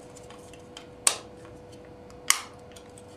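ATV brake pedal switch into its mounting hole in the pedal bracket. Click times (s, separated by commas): 1.1 s, 2.3 s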